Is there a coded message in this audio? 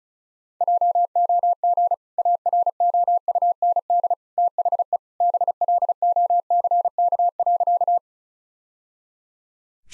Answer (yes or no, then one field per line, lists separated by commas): yes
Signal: Morse code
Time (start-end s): 0.6-8.0 s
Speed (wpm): 34 wpm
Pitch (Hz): 700 Hz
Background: none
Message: JOG AROUND THE BLOCK.